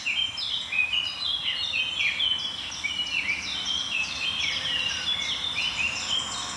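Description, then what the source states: Eurasian Blackcap song: bright warbling phrases sung continuously over a soft background hiss. At least four singing simultaneously at the edge of a beech swamp forest on a misty morning, above a valley of tall grass and bracken; song described as a greeting; favours hedges and dense bramble.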